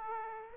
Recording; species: mosquito wingbeat signal from an infrared sensor; Aedes aegypti